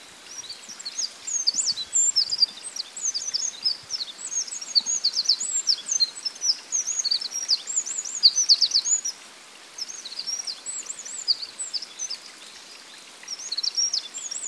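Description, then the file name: Eurasian wren song: long, rapid, high-pitched trilling runs of sharp notes that pour out almost continuously, with a couple of short pauses, over faint background hiss. "Troglodytes troglodytes"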